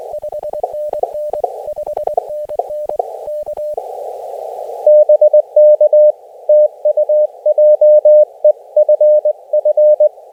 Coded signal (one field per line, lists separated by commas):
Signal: Morse code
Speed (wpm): 21 wpm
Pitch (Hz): 600 Hz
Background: none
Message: 5NN 5NN K BK TU JEFF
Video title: ham_bitious UNCUT: Leppy Peak